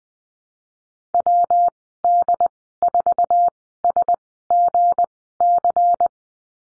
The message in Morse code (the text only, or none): WD4SGC